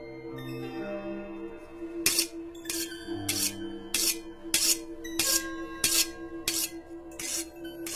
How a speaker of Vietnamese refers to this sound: Qua cái ô cửa nhỏ, anh này thấy mụ ké đang lom khom ở trong bếp. Mụ ấy đang cầm dao, mụ mài xoàn xoạt lên trên tấm đá mài. Tiếng mài dao ở trong ngôi nhà của mụ nghe đến rợn cả người.